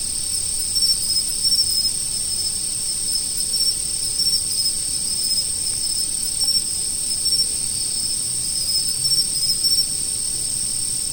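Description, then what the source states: Insects in a continuous high-pitched chorus of steady trilling bands. Autumn.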